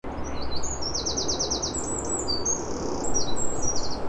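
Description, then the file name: Eurasian wren song: rapid, high-pitched trilled bursts and chattering runs of quick notes, almost continuous, over a steady loud low rumble of background noise. "Troglodytes troglodytes"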